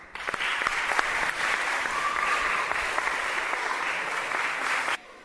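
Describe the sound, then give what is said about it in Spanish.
Sustained audience applause from many people clapping at once at a World Environment Day school project award ceremony in Ubrique, as a prize is collected for the 4-year-old infant class of Colegio Ramón Crosa; a dense, steady crackle of hands that holds for about five seconds and then stops abruptly. “Un aplauso.”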